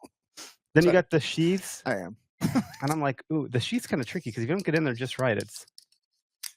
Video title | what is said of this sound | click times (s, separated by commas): American Turkey (Almost) the National Bird | but once it does, it's got that click. You hear that? | 6.5 s